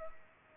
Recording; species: mosquito wingbeat signal from an infrared sensor; Culex pipiens